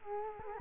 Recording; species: mosquito wingbeat signal from an infrared sensor; Culex quinquefasciatus